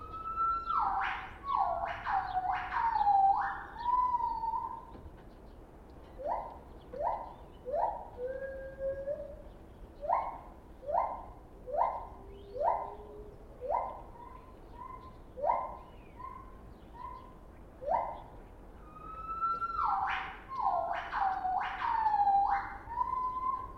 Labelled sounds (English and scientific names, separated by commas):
Lar Gibbon (Hylobates lar)